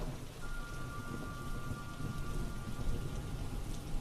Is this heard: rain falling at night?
yes